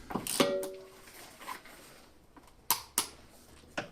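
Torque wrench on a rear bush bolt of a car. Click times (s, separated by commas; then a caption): 2.7 s, 3.0 s. A torque wrench tightens the second of the final three bolts on the rear offside bush of a 2007 Renault Laguna II, a job meant to stop banging over potholes. After some early metallic rattling and a ringing clink near 0.4 s, the wrench gives sharp clicks at 2.7 s and 3.0 s as it reaches its setting, followed by another click at 3.8 s. The bolt is confirmed tightened to torque.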